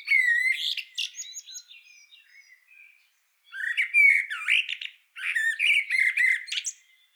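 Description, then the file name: Eurasian blackbird song: several fluty warbled phrases with squeaky high notes, separated by short pauses. "Turdus merula"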